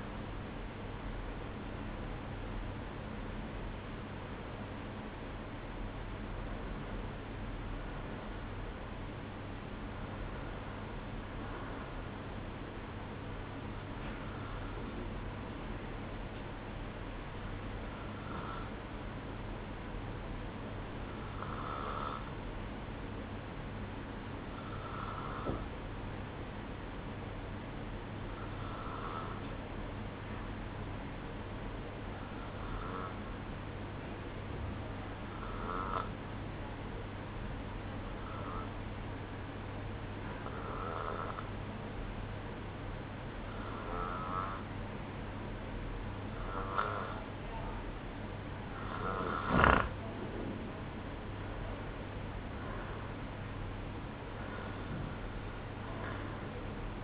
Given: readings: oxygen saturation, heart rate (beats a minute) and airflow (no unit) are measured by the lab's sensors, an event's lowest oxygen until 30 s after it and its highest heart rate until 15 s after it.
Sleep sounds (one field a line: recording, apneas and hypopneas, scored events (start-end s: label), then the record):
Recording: breathing in sleep by a voice recorder at the bedside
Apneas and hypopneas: 1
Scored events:
22.00-46.00 s: obstructive apnea (REM, oxygen 96% highest, then 94% lowest, heart rate 58 at the start, 61 highest)
From the record:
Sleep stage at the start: REM sleep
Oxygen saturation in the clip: 94 to 96%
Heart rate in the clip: 55 to 61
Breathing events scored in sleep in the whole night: 305 in 9.6 hours asleep